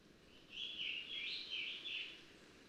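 Scarlet tanager song: a continuous run of raspy, burry phrases against a steady low background hiss.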